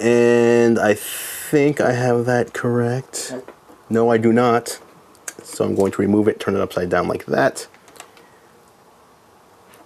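Someone talks while handling a memory module at a computer memory slot: finding it the wrong way round, they take it out, turn it upside down and line it up with the slot. A few small handling knocks come near 7.9–8.0 s, then the sound goes quiet. Nothing has seated or clicked yet.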